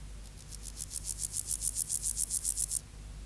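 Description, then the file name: Meadow grasshopper stridulating, a short series of rapid buzzy scrapes growing louder toward the end before cutting off; faint low rumble underneath. "Chorthippus parallelus"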